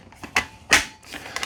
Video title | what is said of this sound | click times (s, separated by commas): Tineco Floor ONE S7 PRO Smart Cordless Wet Dry Vacuum & Mop Unboxing | until it clicks into place. | 0.4 s